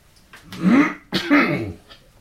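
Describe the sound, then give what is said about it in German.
Someone clears their throat twice in quick succession, two rough, raspy bursts of moderate loudness with a brief pause between them and no talking. “So, ja, Räuspertaste hat das Ding zum Beispiel auch nicht.”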